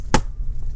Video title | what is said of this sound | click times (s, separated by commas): Fixed Macbook Pro Dim Screen No Display | you can hear the little click | 0.1 s